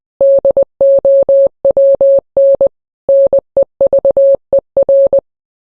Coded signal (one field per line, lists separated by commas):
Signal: Morse code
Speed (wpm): 20 wpm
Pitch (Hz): 550 Hz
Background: none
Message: DOWN NEVER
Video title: rickroll but Morse code version